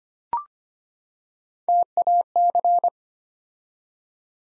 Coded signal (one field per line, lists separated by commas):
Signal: Morse code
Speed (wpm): 25 wpm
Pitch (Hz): 700 Hz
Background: none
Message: TAC